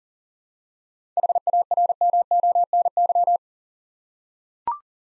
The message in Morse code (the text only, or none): HARMONY